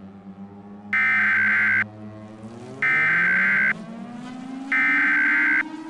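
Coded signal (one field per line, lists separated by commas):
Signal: Emergency Alert System (SAME) tones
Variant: header bursts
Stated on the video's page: Fictional EAS scenario with valid tones.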